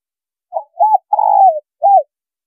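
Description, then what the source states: Spotted dove cooing: one four-note phrase of a short note, an arched coo, a long wavering descending coo and a final arched coo, with no other sounds. Female bird.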